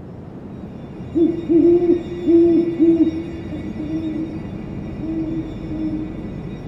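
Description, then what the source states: Great horned owl hooting, a series of deep, soft hoots, several loud ones early on then a quieter run of similar hoots, over a low steady rumble. Recorded by automated recording units; species abundant across its range but vocalizes infrequently.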